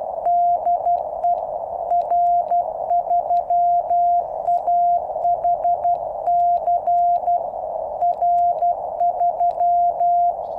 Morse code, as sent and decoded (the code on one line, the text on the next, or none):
-.. . / .-. ...-- .- .... -.-. / .-. ...--
DE R3AHC R3